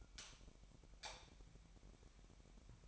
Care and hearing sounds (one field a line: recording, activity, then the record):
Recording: daily activity, microphone in the room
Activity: light off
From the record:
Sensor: 1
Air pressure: 1012.0 hPa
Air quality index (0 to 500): 233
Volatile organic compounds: 6 ppm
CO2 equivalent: 1857 ppm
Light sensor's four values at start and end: 16/44/17/19 and 12/29/12/13